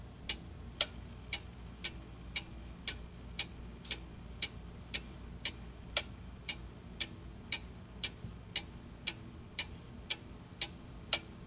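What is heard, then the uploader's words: A clock ticks at a steady, even pace, about two crisp clicks per second, each one short and bright. Some ticks land slightly louder than others. A faint low hum sits underneath throughout. Just the Sound of a Ticking Clock.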